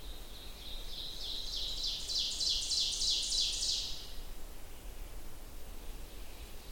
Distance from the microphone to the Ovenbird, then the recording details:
about 35 m. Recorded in boreal forest in Alberta, Canada, on 29 June 2016 at 05:16. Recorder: SongMeter 3, array SBT-6-79. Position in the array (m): 283 m, 40 m. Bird 39